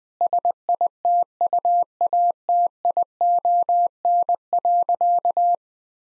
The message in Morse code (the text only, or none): SITUATION.